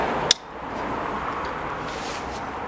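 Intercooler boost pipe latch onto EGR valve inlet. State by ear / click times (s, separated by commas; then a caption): seated / 0.3 s. The upper plastic intercooler boost pipe on a BMW X5 E53, being replaced after a loss of power, is pushed onto the modified EGR valve neck. Its latch snaps over the cut groove with one sharp click at 0.3 s, over a steady background hiss. The pipe latch is seated and holds on the EGR valve inlet.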